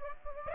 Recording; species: mosquito wingbeat signal from an infrared sensor; Aedes aegypti